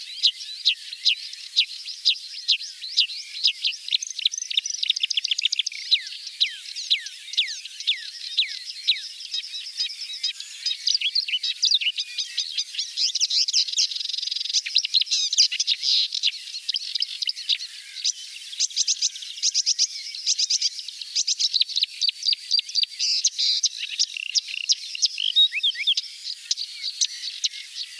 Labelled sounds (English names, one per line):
Marsh Warbler song